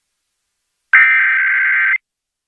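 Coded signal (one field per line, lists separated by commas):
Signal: Emergency Alert System (SAME) tones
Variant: header bursts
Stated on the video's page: Oregon Required Monthly Test SAME tones on a Portland FM music station, captured via Radio Garden online stream.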